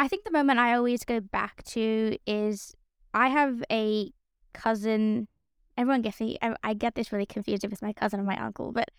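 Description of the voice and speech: A teenage girl from Sydney, Australia, who stutters and has returned to speech pathology, speaking with stretched vowels and sounds and halting pauses mid-phrase, typical of stuttering.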